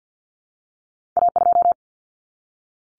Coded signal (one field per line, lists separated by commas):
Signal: Morse code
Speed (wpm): 48 wpm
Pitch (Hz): 700 Hz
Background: none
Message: A2